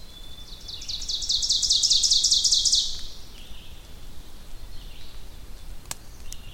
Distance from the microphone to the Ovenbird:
about 20 m